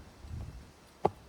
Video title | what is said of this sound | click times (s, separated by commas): The Secret to Saving Strawberry Plants in Winter with NEW Planters | Push them. Click. | 1.1 s